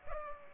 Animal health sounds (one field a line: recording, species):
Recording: mosquito wingbeat signal from an infrared sensor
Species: Culex pipiens